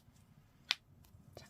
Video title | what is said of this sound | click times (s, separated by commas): 코바늘 초보도 한 시간 완성 안경케이스 - 뜨개선물 - 썬글라스 케이스 - Beginner-Friendly Eyeglass Holder - Crochet for Beginners | 똑딱하고 소리가 나죠? | 0.7 s